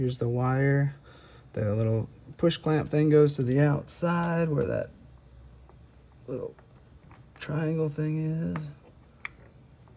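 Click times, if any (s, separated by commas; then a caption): 9.2 s. A wiring harness connector is pushed onto the canister purge valve of a 2019 Buick Enclave, with its little push clamp, the triangle tab, facing the outside. Someone talks through most of the clip, then a sharp click at 9.2 s marks the connector seating onto the valve.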